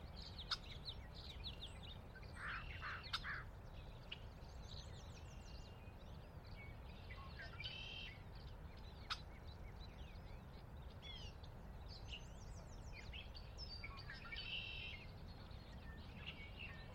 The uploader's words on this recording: Sinlahekin Valley dawn chorus. The valley itself is a 16 mile long, 1/2-mile wide glacier-dug trench near the Northeastern slope of the Cascades.